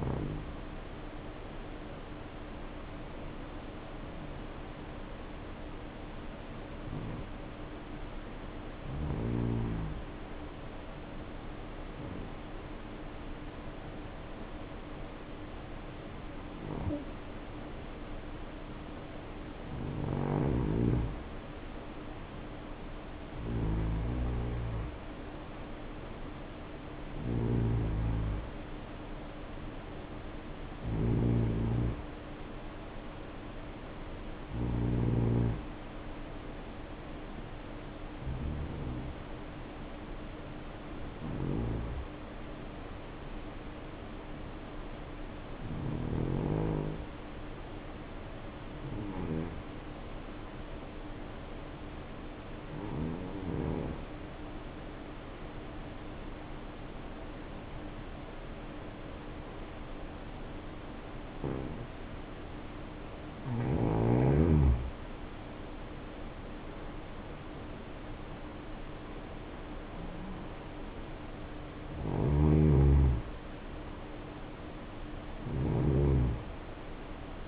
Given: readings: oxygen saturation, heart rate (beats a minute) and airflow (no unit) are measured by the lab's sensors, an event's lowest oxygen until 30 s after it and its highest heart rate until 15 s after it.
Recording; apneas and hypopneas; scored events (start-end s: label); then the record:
breathing in sleep by a voice recorder at the bedside; 2
8.00-24.70 s: hypopnea (N1, oxygen 95% highest, then 90% lowest, heart rate 57 at the start, 66 highest)
50.00-77.48 s: new sleep stage, N2 (light sleep)
53.00-71.20 s: hypopnea (N2, oxygen 94% highest, then 84% lowest, heart rate 60 at the start, 69 highest)
From the record:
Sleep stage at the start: N1 (lightest sleep); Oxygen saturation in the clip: 87 to 95%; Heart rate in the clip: 56 to 69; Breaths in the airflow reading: 20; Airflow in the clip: -7.8 to 6.8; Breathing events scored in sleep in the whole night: 520 in 7.2 hours asleep